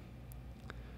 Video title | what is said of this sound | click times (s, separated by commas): Laptop screen replacement / How to replace laptop screen HP 15-d017cl | easy and it just snaps into place evenly press it back in and you'll | 0.3 s, 0.7 s